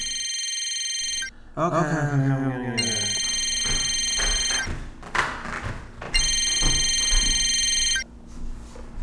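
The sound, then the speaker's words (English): A telephone rings with a call from an unknown number, in three steady electronic bursts, each a bright, high buzzing trill lasting about two seconds. A voice briefly speaks between the first two rings, with some soft knocks in the gaps. “Another unknown name and unknown number. 609. Time. Why do they keep calling me?”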